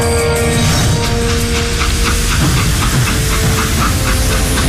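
A steam train speeds at night along the Ping-Han railway near Baoding, Hebei, rumbling loud and steady as it draws closer, with a deep low roar, hissing steam and a regular chugging beat running underneath throughout.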